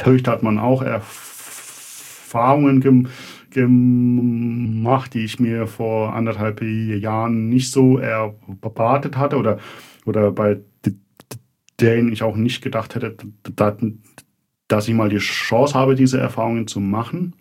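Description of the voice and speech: An adult man speaks German in a low, steady voice that is broken by a part-word repetition ("ge… ge…"), stretched sounds, a repeated word and silent blocks of about a second. These are the blocks, repetitions and prolongations of stuttering; he has not yet managed to speak fluently.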